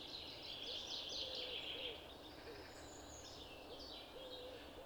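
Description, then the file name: European robin: a thin, high, rapid twittering phrase early on, then fainter high notes, with soft low hoot-like notes in the background. "Erithacus rubecula"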